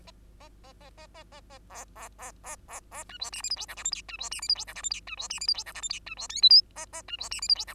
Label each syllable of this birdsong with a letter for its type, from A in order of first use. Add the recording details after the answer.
A A A A A A A A B B B B B A C D E F G H I J K L C D E F G H I J K L C D E F G H I J K L C D M N O A A C D E F G H I. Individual Bird2